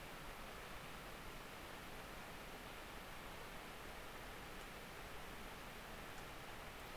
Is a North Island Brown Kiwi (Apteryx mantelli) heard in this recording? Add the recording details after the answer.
no. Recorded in New Zealand on 10 October 2014. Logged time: 22:59. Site DE66